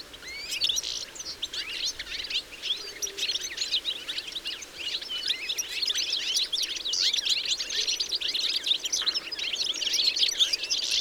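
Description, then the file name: European goldfinch calls, a dense, continuous twitter of many quick chirps and trills. "Carduelis carduelis"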